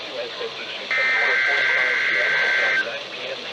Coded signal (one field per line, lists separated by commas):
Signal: Emergency Alert System (SAME) tones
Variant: header bursts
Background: speech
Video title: Chaotic Hellstorm III Slight Risk Madness| EAS Alerts From 3/27/2021 (EAS #339-375)